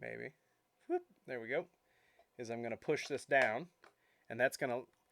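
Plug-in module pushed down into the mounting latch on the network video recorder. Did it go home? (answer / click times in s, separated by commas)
no / none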